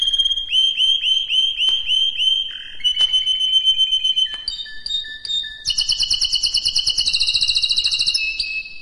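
Canary song opening with a rapid run of upward-flicked chirps, then steady whistles and a loud rolling trill.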